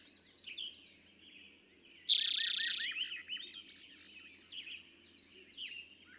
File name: Eastern Towhee